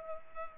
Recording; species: mosquito wingbeat signal from an infrared sensor; Culex pipiens